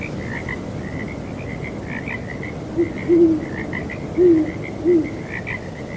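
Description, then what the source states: Owl giving four low, mellow hoots in an uneven sequence, set against a constant high-pitched frog chorus and soft background hiss. Owls hooting on a breezy night, with frogs calling.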